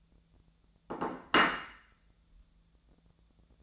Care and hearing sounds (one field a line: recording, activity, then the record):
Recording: daily activity, microphone in the room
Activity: place plate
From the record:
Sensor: 3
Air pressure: 1000.3 hPa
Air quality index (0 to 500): 139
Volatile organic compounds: 2 ppm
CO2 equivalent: 1235 ppm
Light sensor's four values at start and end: 31/77/33/35 and 32/80/34/36